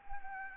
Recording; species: mosquito wingbeat signal from an infrared sensor; Anopheles gambiae